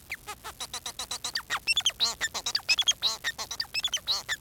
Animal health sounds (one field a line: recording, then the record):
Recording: song of a male Bengalese finch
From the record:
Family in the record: son of father 4